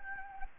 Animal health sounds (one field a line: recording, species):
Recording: mosquito wingbeat signal from an infrared sensor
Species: Anopheles gambiae